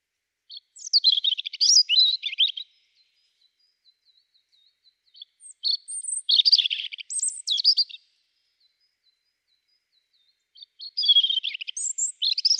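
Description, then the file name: European robin song in three separate phrases of high, sweet, rapidly changing notes and quick trills, with clear gaps between. "Erithacus rubecula"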